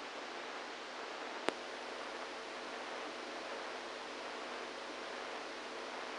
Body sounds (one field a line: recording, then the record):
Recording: brain microelectrode recording played as sound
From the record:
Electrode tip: inside the subthalamic nucleus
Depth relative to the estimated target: -2 mm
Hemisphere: right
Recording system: NeuroSet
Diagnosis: Parkinson's disease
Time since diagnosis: 27 years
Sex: male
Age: 62 years